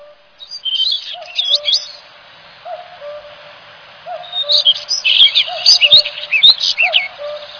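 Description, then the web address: Bird calls: bursts of sharp, high chirps and twitters, with a soft, lower two-part note repeating underneath. Recorded in Higashiosaka, Japan. "higashiosaka bird koe"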